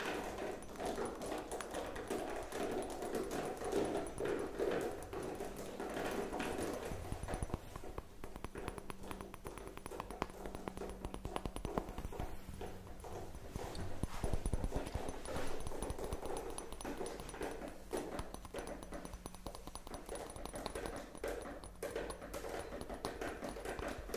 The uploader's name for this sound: Tapping Overload